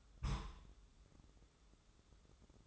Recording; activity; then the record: daily activity, microphone in the room; place on stove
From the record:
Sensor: 3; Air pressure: 995.4 hPa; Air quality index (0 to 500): 86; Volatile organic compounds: 8 ppm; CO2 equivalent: 2081 ppm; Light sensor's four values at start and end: 26/79/33/28 and 26/79/33/28